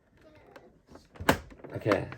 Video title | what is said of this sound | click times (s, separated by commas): Star Wars Vintage Collection Haslab Razor Crest The Mandalorian Unboxing and Review | so both those pieces you'll hear that click right in there | 1.3 s